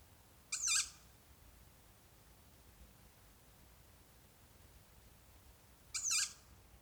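Hawk calls as two brief, harsh, high-pitched screeches about five and a half seconds apart, with quiet hiss between them.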